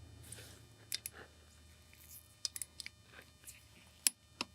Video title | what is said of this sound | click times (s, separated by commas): Deck Building 101: Complete Beginner's Guide (Start Here) | I'm going to take it until the wrench clicks. | 4.1 s